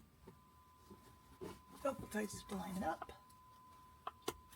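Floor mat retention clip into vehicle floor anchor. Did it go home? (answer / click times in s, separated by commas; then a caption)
yes / 4.1 s, 4.3 s. A 2025 Toyota Sienna minivan floor mat is lined up over its plastic floor retention clip and pressed down into the vehicle floor anchor while someone talks. Two sharp clicks follow at 4.1 s and 4.3 s as the clip snaps in and the mat is seated.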